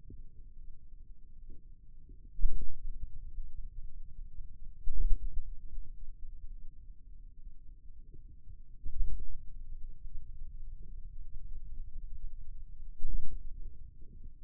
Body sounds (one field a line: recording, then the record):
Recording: forearm muscle sounds (acoustic myography)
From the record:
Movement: ulnar deviation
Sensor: system 2, bracelet of six BSWA MPA416 microphones around the upper forearm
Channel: 2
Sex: male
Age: 22 years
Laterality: right